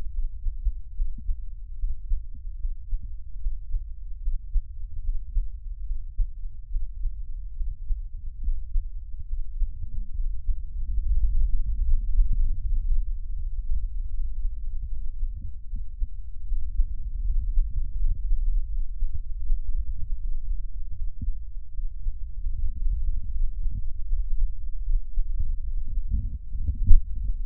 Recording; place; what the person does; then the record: lung sounds by stethoscope; right anterior apical chest; quiet breathing, then deep breathing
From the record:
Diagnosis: none (healthy); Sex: male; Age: 35 years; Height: 186 cm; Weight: 108 kg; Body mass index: 31.2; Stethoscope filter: bell mode